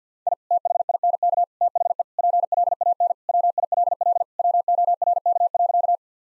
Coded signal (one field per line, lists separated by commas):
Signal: Morse code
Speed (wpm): 50 wpm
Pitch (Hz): 700 Hz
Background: none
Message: I THINK THE PLAN WILL WORK.